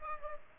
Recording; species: mosquito wingbeat signal from an infrared sensor; Aedes aegypti